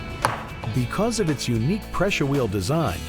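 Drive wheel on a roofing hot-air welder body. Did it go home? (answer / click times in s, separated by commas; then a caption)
yes / 0.2 s. The narrower drive wheel on a BAK RoofOn Edge automatic overlap hot-air roofing welder is pulled away from the welder body until it clicks into its curve-welding position, so it can weld on curves for special roofing accessories. A single sharp click is heard at 0.3 s while someone talks. The wheel seats in the curve position.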